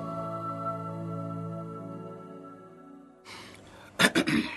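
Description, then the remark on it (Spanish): A sustained, harmonic tone fades out, then a rough, raspy throat clearing follows in two or three short, loud bursts. “Con un carraspeo de...”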